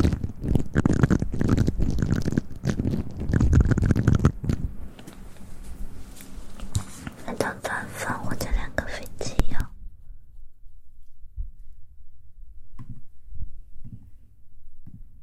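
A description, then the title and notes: Mouth and hand sounds: dense smacking, slapping and wet clicks for the first few seconds, loud and low, then a busier patch of quick taps and rubbing up to about ten seconds. After that it drops to near quiet with a few soft low thumps. ASMR Mouth Sounds and Hand Sounds.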